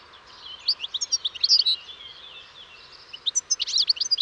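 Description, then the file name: European goldfinch producing a quick jangling run of high chirps, a short pause, then another lively burst of twittering notes. "Carduelis carduelis"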